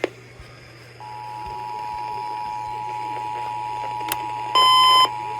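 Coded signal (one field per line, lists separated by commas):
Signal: Emergency Alert System (SAME) tones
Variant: 853 and 960 Hz attention tone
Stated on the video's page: Accidentally received test alerts.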